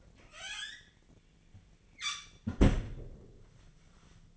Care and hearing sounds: daily activity, microphone in the room; close fridge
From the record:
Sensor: 4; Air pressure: 1010.5 hPa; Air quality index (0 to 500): 178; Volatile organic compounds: 5 ppm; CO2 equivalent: 1807 ppm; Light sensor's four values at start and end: 26/79/31/31 and 32/94/37/37

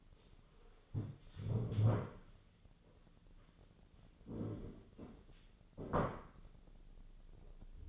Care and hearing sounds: daily activity, microphone in the room; stand up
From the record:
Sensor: 4

